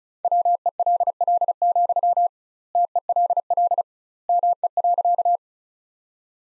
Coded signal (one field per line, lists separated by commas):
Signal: Morse code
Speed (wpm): 34 wpm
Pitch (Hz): 700 Hz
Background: none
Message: WELL, TELL ME.